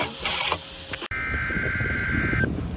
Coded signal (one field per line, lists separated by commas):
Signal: Emergency Alert System (SAME) tones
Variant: header bursts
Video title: Hurricane Isaias - EAS Alerts 583-600 + HURRICANE FOOTAGE